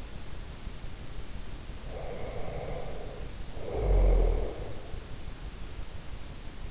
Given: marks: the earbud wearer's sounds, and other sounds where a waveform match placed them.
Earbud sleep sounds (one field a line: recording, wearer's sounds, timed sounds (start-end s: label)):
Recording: sounds in sleep by an in-ear microphone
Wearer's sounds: snoring breath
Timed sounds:
2.11-4.80 s: snoring breath